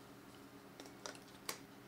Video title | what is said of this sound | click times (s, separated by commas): Time Lapse Mount for 3D Printing - Could Also Hold Filament? - CR-10 3D Printer | I designed this for an old HTC Android phone snaps | 1.5 s